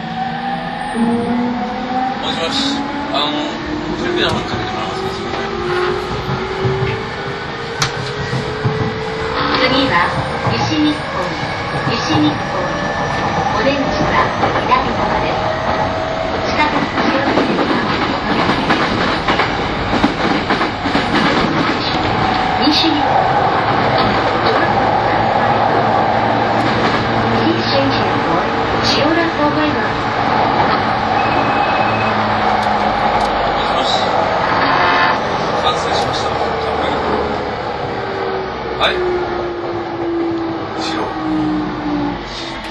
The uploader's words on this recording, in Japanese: E231系 山手線外回り01 東京～東京。2010年代当時山手線で主力車両だった、E231系山手線外回りを収録したものです。